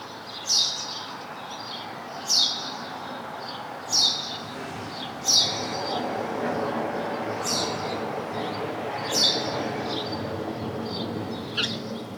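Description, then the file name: House sparrow chirping: several single bright chirps, spaced a second or two apart. "Passer domesticus"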